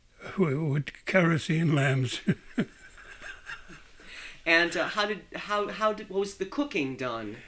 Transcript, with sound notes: With kerosene lamps. ( he laughs )
And how did, how was the cooking done?